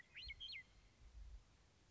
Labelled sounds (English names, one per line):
Western Meadowlark